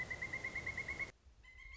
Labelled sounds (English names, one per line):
Pileated Woodpecker